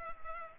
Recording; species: mosquito wingbeat signal from an infrared sensor; Culex pipiens